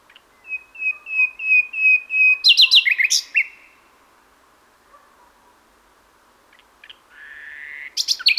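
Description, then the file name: Common nightingale song opening with a row of pure whistled notes that build in loudness, then a harsh rapid flourish, a pause and a buzzy crescendo. "Luscinia megarhynchos"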